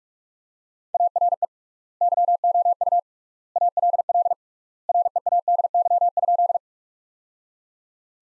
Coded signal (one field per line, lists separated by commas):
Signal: Morse code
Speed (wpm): 46 wpm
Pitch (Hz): 700 Hz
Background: none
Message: ARE YOU ALL READY?